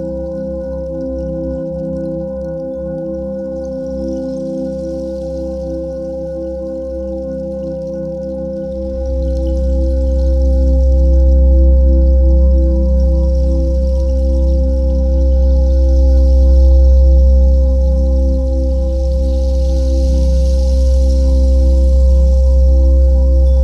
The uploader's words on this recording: 528Hz. Frequency Meditation Binaural Beat.